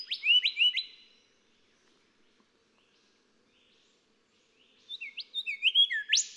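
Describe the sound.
Golden whistler song: quick whistled notes with little upward flicks, a pause, then another phrase building to a loud rising whip at the end.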